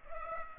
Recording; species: mosquito wingbeat signal from an infrared sensor; Culex pipiens